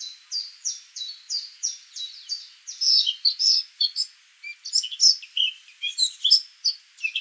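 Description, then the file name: Eurasian blackcap song opening with an even series of quick chattering notes, then breaking into a varied, rich warble with higher squeaky notes. "Sylvia atricapilla"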